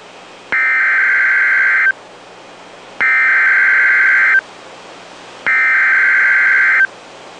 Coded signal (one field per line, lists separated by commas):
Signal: Emergency Alert System (SAME) tones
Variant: header bursts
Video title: Real NOAA Weather Radio EAS Alert #92